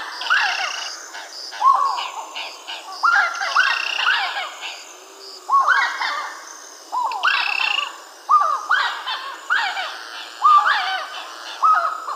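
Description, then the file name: Giant wood rails calling: loud raucous, descending squawking notes tumbling over one another in a rapid, overlapping chorus that surges and fades repeatedly. Estancia 11 de Junio, 30 April. "Aramidesypecaha Estancia 11 de Junio 30 ABR 00"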